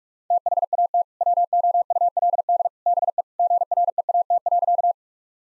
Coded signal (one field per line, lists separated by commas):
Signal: Morse code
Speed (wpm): 46 wpm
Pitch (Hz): 700 Hz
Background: none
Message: THAT WOULD BE GREAT.